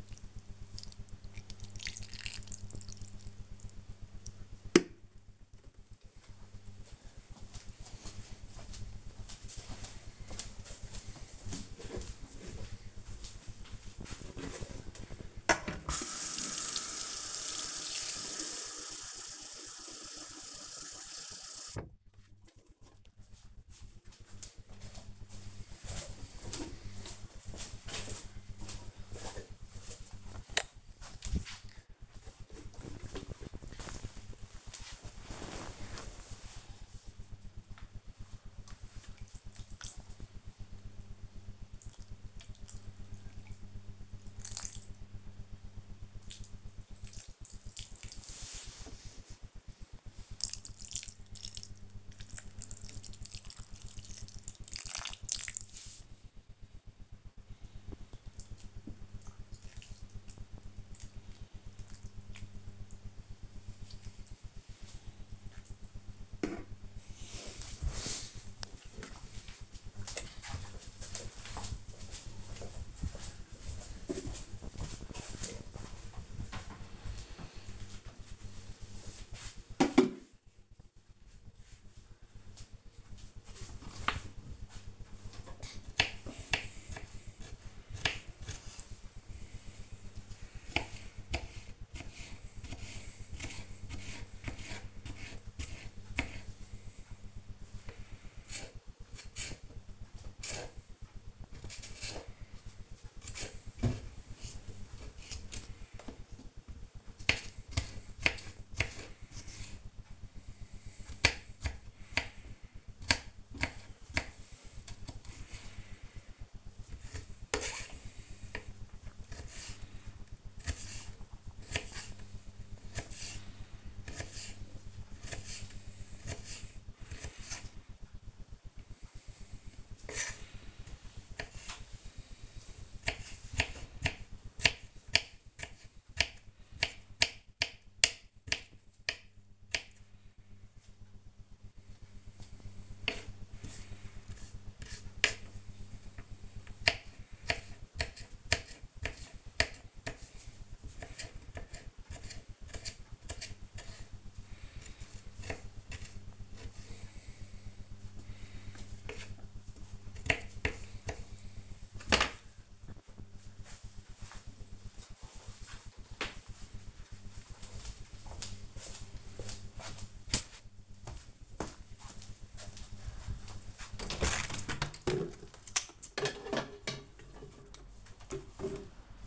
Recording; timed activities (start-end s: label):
household activities, microphone on the right wrist
0.00-5.97 s: watering plant
14.00-67.35 s: watering plant
84.46-161.98 s: cutting vegetables
174.05-179.27 s: window cleaning